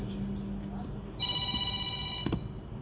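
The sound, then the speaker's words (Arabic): A telephone rings with a bright, steady electronic tone of stacked high harmonics, holding for about a second before cutting off, over a low hum and faint background murmur. “في تلفون هنا يا رب حد يشوفه.”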